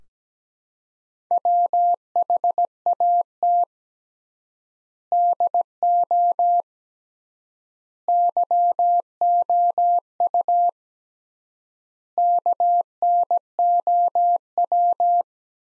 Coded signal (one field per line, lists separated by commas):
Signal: Morse code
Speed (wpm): 17 wpm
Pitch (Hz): 700 Hz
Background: none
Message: WHAT DO YOU KNOW